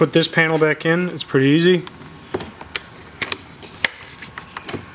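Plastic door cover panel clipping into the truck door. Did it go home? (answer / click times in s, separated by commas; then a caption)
yes / 2.8 s, 3.2 s, 3.9 s. Someone talks briefly, then a plastic interior door trim panel is pressed onto the door of a 2014-2018 GMC Sierra or Chevy Silverado truck after a side mirror replacement. Its retaining clips snap home with sharp clicks at 2.8, 3.2 and 3.9 seconds, followed by a few quieter taps. The panel is seated.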